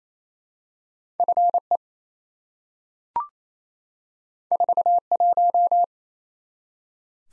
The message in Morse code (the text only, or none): FE 41